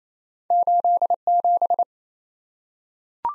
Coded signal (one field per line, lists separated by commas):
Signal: Morse code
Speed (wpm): 28 wpm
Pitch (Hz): 700 Hz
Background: none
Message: 87